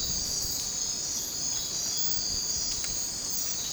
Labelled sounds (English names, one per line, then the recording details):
none
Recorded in dense forest near Puerto Asís, Putumayo, Colombia, on 20 December 2024 at 03:30
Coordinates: 0.466, -76.327
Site G075